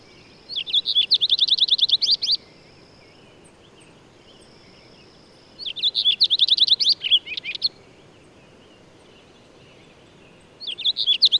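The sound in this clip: Bird repeating its song roughly every five seconds: a brisk, rattling sequence of high notes, each full phrase about two seconds long, the third cut off.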